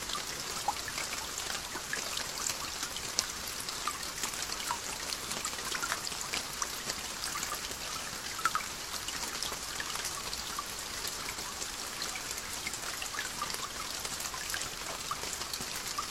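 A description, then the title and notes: Gentle rain falls steadily through the night, a dense, even hiss concentrated in the bright upper range. Countless small drops tick and patter without pause, with occasional slightly sharper taps standing out. The level stays constant throughout, with little low rumble underneath. The gentle night rain.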